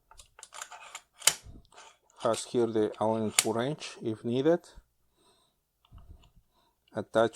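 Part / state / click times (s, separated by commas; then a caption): quick release plate from monopod clamp / released / 1.3 s. The release button on the clamp of a NEEWER 71.6" carbon fiber telescopic camera monopod is pressed, and the quick release plate comes free with a loud, sharp click at 1.3 s, following a few lighter clicks and handling sounds. Someone talks for most of the clip. The plate is released from the clamp.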